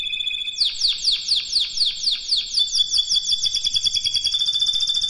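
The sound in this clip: Canary delivering a rapid repeated sweeping trill that speeds into a tight high rattle.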